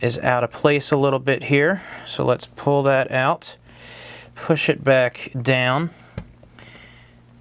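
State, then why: Partly seated. Someone talks while pulling out the silicone skin of an Otterbox Commuter case on an iPad and pushing the hard plastic back shell down over the silicone layer. The shell pops into place with a sharp click at 6.2 s, followed by a few soft handling sounds. The back shell is still not fully seated and fits a little off.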